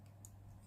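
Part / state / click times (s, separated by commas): wooden 3D puzzle piece into mating slot / not seated / none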